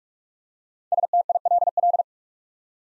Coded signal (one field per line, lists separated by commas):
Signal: Morse code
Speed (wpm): 44 wpm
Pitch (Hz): 700 Hz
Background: none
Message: STILL